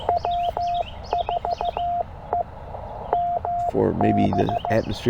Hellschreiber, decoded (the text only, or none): none